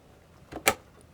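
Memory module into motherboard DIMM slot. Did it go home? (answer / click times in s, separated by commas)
yes / 0.6 s, 0.7 s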